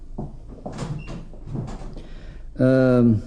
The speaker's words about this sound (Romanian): Perfect. Închide ușa acum.